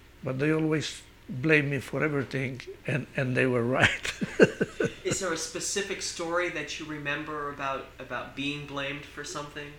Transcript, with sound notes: but they always blame me for everything, and they were right. ( he laughs )
Is there a specific story that you remember about, about being blamed for something?